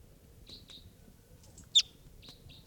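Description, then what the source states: Crossbill calls: several short high notes spaced irregularly, with one louder sharp note in the middle, over a quiet background. Excited calling decoys, morning field recording at 6:56.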